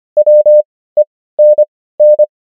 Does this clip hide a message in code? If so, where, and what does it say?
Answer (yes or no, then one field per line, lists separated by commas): yes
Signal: Morse code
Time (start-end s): 0.2-2.2 s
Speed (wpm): 25 wpm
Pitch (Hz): 600 Hz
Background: none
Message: WENN